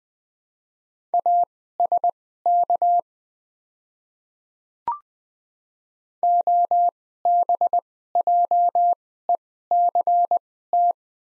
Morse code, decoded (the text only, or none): ASK OBJECT